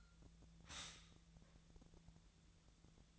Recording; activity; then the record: daily activity, microphone in the room; stop toaster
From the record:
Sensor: 3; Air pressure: 1009.3 hPa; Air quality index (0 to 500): 198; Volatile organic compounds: 17 ppm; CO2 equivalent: 2571 ppm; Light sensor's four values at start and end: 12/31/12/12 and 14/35/14/14